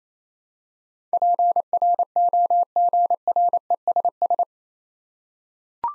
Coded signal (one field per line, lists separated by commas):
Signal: Morse code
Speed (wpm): 28 wpm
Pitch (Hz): 700 Hz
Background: none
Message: PROGRESS